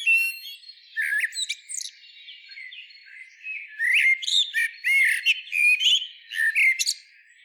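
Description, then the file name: Common blackbird making repeated squeaky, slurred twitters and thin high whistles in a series of short, uneven bursts. "Turdus merula"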